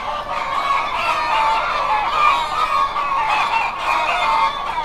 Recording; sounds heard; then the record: poultry house recording; healthy chickens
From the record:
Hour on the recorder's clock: 0